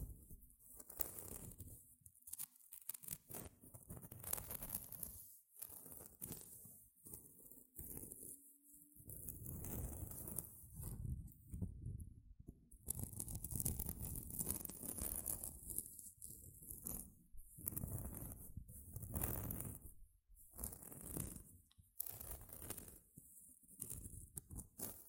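Gentle scratching goes on throughout in uneven bursts, some short and some stretching for a few seconds, with brief near-silent gaps between them around the fifth, twelfth and twentieth seconds. The strokes carry a soft low rustle beneath a thin, crisp hiss on top.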